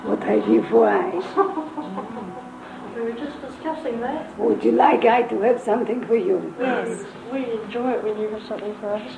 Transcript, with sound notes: What have you for I? (Laughter) We were just discussing that. Would you like I to have something for you? We enjoy it when you have something for us.